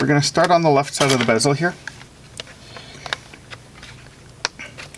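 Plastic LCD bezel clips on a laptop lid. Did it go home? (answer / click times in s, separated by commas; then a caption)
released / 3.1 s, 4.5 s. Someone talks, then the plastic LCD screen bezel on the lid of a Lenovo Ideapad 320 laptop is pried up at its left side, starting from the edge, during a screen replacement. Its snap clips release with sharp clicks at 3.1 s and 4.5 s as the bezel is lightly lifted, leaving the bezel clips open.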